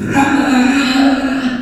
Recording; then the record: squeal of a Yucatan mini pig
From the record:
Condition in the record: after surgery on the right vocal fold (resection and tissue-engineered implant); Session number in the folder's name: 4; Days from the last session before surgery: 26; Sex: female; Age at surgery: 19 weeks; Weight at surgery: 25 kg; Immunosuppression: prednisolone